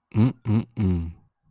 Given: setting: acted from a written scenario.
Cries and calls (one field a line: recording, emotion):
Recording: vocal sound without words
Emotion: disappointment